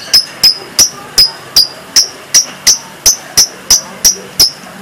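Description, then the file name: Lovebird giving clipped, high chirps at an even pace, about three each second, with no other sounds. Lovebird that was a national contest champion, named Si Gempol. "Suara Lovebird Juara Lomba Nasional Si Gempol Juara"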